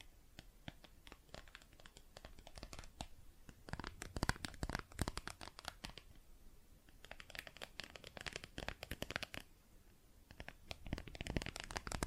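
Plastic objects are tapped and scratched in dense bursts of sharp clicks and crinkly scraping, busiest from four to six and eight to nine seconds.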